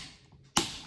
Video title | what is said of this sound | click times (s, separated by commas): TOP 5 DJI MAVIC 2 ACESSORIES - PART 3 | You hear a click, | 0.6 s